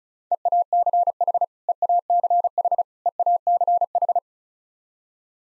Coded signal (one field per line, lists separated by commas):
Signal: Morse code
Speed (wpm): 36 wpm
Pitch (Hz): 700 Hz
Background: none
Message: EACH EACH EACH